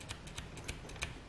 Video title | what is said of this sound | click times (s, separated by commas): Dell G7 & the Noble lock | just doesn't click into place and | none